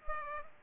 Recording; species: mosquito wingbeat signal from an infrared sensor; Culex pipiens